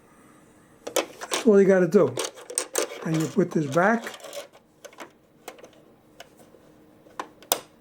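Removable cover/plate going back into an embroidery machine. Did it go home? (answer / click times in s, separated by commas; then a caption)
yes / 7.5 s. A removable plastic cover or plate is fitted back onto a Brother PE900 embroidery machine after the thread cutter blade is shown. Someone talks over light plastic handling clicks. A sharp snap at 7.5 s marks the part locking into place.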